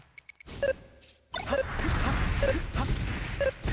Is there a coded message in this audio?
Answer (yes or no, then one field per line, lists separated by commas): no